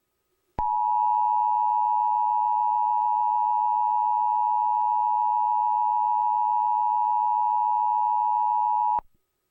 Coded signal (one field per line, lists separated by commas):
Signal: Emergency Alert System (SAME) tones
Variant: 853 and 960 Hz attention tone